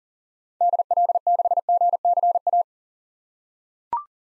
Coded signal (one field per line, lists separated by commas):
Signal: Morse code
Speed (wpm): 40 wpm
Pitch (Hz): 700 Hz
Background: none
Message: DL6GCA